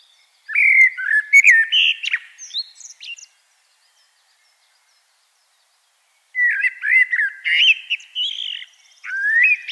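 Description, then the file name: Common blackbird song: two bursts of mellow, fluting whistled phrases with twittery high flourishes, separated by about three seconds of silence. "Turdus merula"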